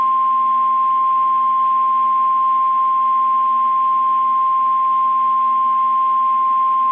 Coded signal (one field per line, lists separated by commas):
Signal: Emergency Alert System (SAME) tones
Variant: 1050 Hz attention tone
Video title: Real EAS #297 - Severe Thunderstorm Warning